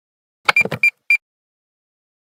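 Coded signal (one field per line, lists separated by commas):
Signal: none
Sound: car lock beep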